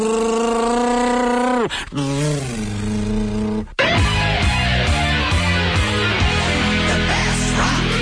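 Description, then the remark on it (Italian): A loud Harley-Davidson motorcycle engine, being warmed up, revs with a deep, harmonic roar that climbs, then drops and winds down in falling sweeps, before music takes over for the rest. “Parcheggi l'Harley.”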